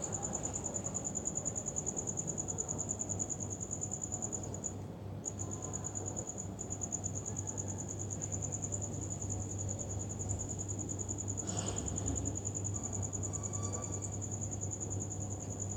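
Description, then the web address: Cricket song, a thin high rapid pulsing that carries on steadily with a couple of short pauses, a low rumble beneath. "muhammad 384. Crickets"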